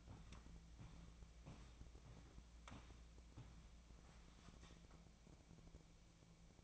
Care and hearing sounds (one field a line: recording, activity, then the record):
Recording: daily activity, microphone in the room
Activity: walk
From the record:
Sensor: 1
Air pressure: 1012.2 hPa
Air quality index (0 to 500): 179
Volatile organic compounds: 3 ppm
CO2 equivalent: 1467 ppm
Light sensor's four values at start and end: 51/138/57/70 and 50/135/55/68